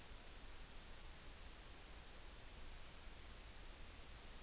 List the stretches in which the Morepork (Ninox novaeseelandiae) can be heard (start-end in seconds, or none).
none